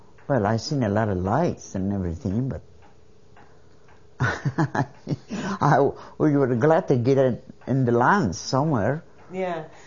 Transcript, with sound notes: Well, I seen a lot of lights and everything, but ( she laughs ) we were glad to get it in the land, somewhere.
Yeah.